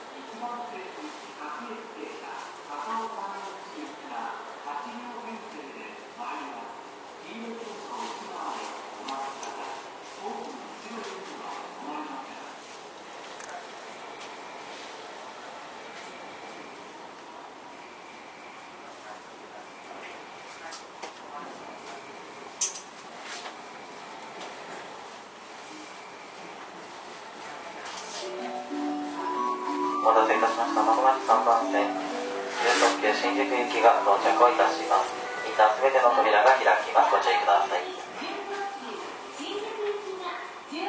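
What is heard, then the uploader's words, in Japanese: Aboard a Keio 9000 series train, voices and an announcement carry over a steady low rumble for the first dozen seconds before things settle quieter. From about 28 seconds a louder whining motor tone steps upward with rattling clatter as the train pulls away. 京王9000系 高尾山口〜つつじヶ丘。快速つつじヶ丘行を録音。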